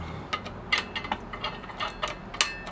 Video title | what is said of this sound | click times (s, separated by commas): Ducati Desmo Bevel Drive Head Shimming Demo | then I listen for a nice snap here | 2.4 s